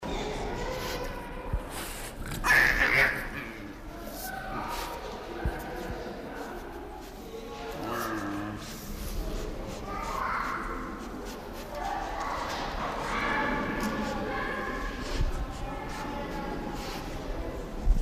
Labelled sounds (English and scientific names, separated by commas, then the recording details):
Binturong (Arctictis binturong) defence call
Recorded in captivity
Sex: pair
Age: adult
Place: Zoo Halle, Sachsen-Anhalt, DE
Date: 1995-04-09 15:21
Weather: cloudy, ca. 10°C
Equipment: Marantz CP 430, Sennheiser ME 80, Kopie Uher 4000 Report Monitor
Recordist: Tembrock, Günter
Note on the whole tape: Weibchen: Laute, Männchen abwehrend. Entfernung ca. 2 m